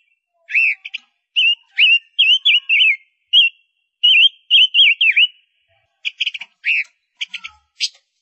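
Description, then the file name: Gouldian finch song of many short whistled notes, several with quick downward dips, followed by sharper chirps and clicks toward the end. Female bird singing. "Tieng chim ngu sac mai hot"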